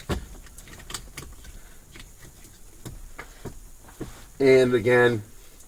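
The vehicle's ignition harness plug is handled beside the other side of a plug-and-play remote start T-harness on a 2007-2011 Honda CR-V, producing small plastic taps and rustles. Near the end, someone talks briefly. Nothing has seated or clicked yet.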